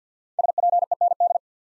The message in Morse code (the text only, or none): SPEND